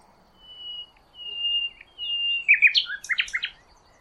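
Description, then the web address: Bird song of long, thin, level whistles repeated three times, then a jumbled burst of quick twittering notes. "cianscape birddata Deverinetal 2025 File origin Bird Only Lu Me"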